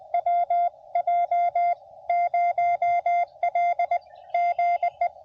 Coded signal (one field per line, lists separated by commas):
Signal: Morse code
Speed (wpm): 22 wpm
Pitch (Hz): 680 Hz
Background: none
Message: WJ0L GE